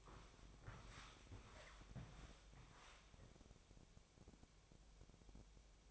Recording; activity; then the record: daily activity, microphone in the room; walk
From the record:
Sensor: 1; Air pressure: 1000.5 hPa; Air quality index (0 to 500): 168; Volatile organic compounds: 4 ppm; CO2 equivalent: 1562 ppm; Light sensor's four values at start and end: 13/32/13/15 and 14/34/14/16